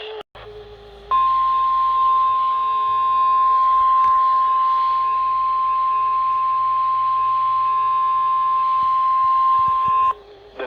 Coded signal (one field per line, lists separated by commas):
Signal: Emergency Alert System (SAME) tones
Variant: 1050 Hz attention tone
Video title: EAS #1,000! EAS Alerts from 6/16/22 (EAS #995-1,015)